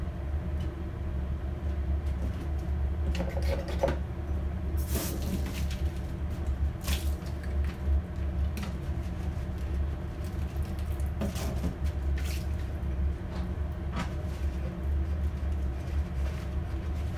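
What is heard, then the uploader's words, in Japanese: Kitchen sounds: a steady low hum runs throughout, broken every second or two by brief bright clicks and light clatter. キッチンの音。水の音が心地よい！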